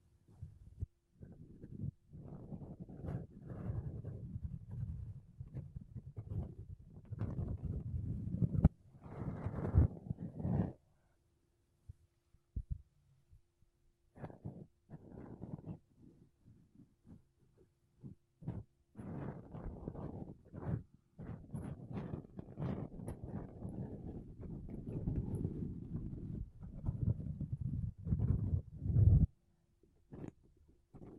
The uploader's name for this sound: Mic Brushing Using Makeup Brushes and Sponge